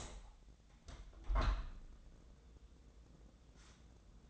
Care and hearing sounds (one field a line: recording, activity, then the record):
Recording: daily activity, microphone in the room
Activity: open window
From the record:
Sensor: 3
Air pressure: 1012.3 hPa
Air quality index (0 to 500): 135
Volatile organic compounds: 2 ppm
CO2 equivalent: 1048 ppm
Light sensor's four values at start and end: 167/402/163/150 and 165/398/162/149